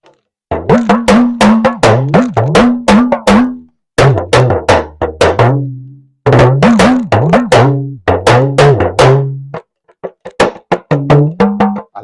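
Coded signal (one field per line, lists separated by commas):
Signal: talking drum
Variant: Yoruba dùndún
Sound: rapid hollow drum strokes whose low pitch rises and falls like speech tones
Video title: Yoruba talking drum proverbs.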